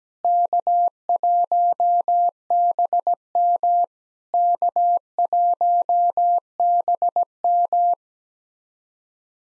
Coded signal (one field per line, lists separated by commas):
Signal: Morse code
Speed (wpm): 16 wpm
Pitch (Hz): 700 Hz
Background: none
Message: K1BM K1BM